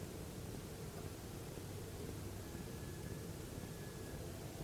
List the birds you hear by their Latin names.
none